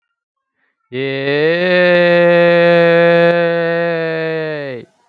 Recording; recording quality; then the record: sustained vowel as in made; excellent, no background noise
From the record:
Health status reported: healthy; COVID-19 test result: not tested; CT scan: not taken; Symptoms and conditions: none ticked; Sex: male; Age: 24 years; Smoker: no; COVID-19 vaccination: one dose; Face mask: not worn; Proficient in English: yes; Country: India